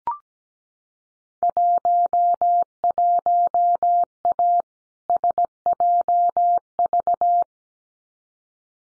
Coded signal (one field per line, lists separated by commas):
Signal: Morse code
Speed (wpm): 17 wpm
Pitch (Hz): 700 Hz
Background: none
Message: 11A SJV